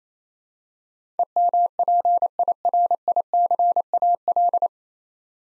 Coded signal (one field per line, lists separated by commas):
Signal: Morse code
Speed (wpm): 28 wpm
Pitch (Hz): 700 Hz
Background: none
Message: EMPIRICAL